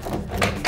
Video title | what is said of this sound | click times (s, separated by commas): Lomax Tri Fold Tonneau Cover Install | Hold it up at a slight angle slide it into place and set it down until it clicks. | 0.4 s